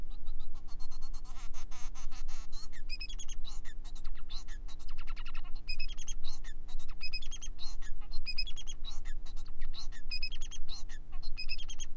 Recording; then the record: song of a male Bengalese finch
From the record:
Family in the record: son of father 4